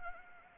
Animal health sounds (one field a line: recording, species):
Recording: mosquito wingbeat signal from an infrared sensor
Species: Anopheles arabiensis